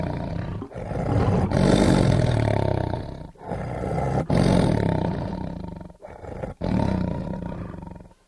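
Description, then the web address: Tiger roaring in long, deep, rasping bursts, several sustained roars separated by short breaths. "big cats|tigers"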